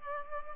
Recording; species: mosquito wingbeat signal from an infrared sensor; Culex pipiens